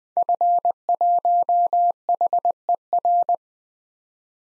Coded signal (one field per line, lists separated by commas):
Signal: Morse code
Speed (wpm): 20 wpm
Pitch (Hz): 700 Hz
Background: none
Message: F1HER